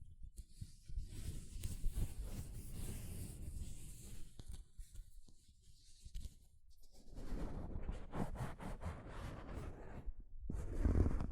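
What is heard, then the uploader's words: Soft fabric brushes across a mic in uneven rubbing strokes with low rumble, a quieter pause near six seconds, then louder scraping toward the end. ASMR Mic Brushing using Soft Fabric (No Talking).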